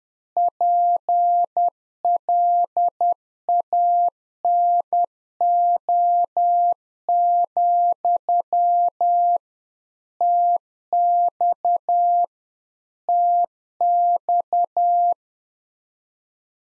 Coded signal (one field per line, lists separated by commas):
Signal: Morse code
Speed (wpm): 10 wpm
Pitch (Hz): 700 Hz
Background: none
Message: PLANO, TX TX